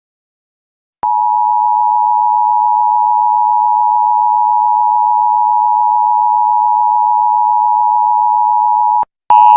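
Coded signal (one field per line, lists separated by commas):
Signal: Emergency Alert System (SAME) tones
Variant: 853 and 960 Hz attention tone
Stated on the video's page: Fictional short EAS scenario about a missing person.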